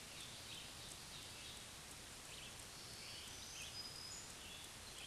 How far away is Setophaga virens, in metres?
about 45 m